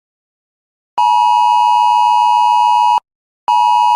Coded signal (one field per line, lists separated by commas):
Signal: Emergency Alert System (SAME) tones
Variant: 853 and 960 Hz attention tone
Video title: EAS Scenario ( The Start Of WW3)